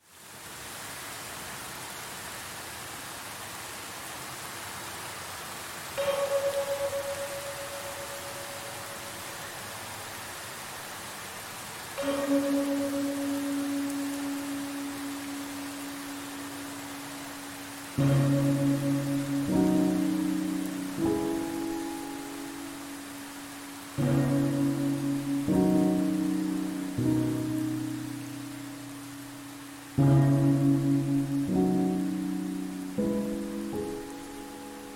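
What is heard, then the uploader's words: Soft, steady rain hiss runs throughout, with ringing struck tones laid over it. A single bell-like note sounds around six seconds and another near twelve, then fuller chords of several pitches arrive every six seconds or so, each slowly fading. Rainy Day Meditation: Calming Rain Sounds for Mindfulness and Stress Relief.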